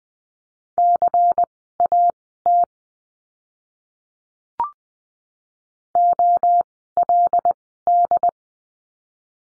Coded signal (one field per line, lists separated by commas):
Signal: Morse code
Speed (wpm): 20 wpm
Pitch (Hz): 700 Hz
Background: none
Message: CAT OLD